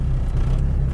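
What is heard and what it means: The parking brake lever ratchet in the hand brake mechanism of a 1989 Jeep Cherokee with disc brakes is handled as the handle is pulled up one notch at a time. A steady low rumble fills the clip with no distinct clicks. Nothing has seated or clicked into the locked notch yet.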